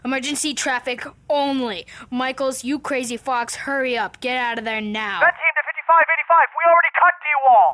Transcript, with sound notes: Emergency traffic only! Michaels, you crazy fox, hurry up! Get out of there now!
[FUTZ] Vent team to 5585, we already cut D wall!